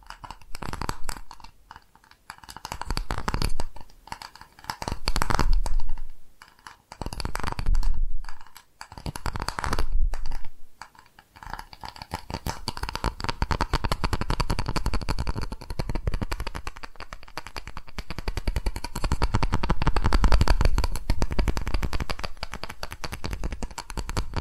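Tapping and scratching triggers in dense, rapid bursts, separated by brief pauses early on, then running steadily from about eleven seconds to the end.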